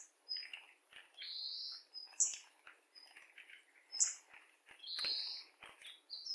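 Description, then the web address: Bird calls in bursts of thin high whistles and chirps of varying pitch, separated by short pauses. "yacho koe"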